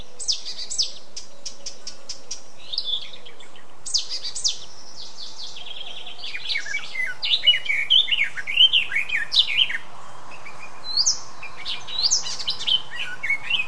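Eurasian blackcap song: scratchy high chatter at first, building into loud, fluty, slurred whistles in a lively warble, with a few scattered high notes afterwards.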